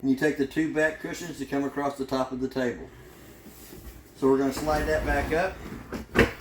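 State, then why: Seated. A drop-down dinette table in a 2021 Tandara 375BHOK bunkhouse fifth wheel is slid back up from its bed position between the two benches to its raised position for use as a kitchen table. Someone talks throughout, and a sliding scrape is followed by a sharp click at 6.2 s as the table latch clicks into place.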